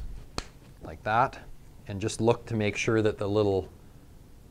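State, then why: Seated. A disposable mixing nozzle is pushed onto the front of a two-component spray foam gun, and a sharp click at 0.4 s marks its locking lever catching and the nozzle seating. Someone talks after the click.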